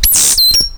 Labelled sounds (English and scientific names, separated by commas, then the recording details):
Stitchbird (Notiomystis cincta) song
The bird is a male
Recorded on Tiritiri Matangi Island, New Zealand, in 2005
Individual 8, of nest box 10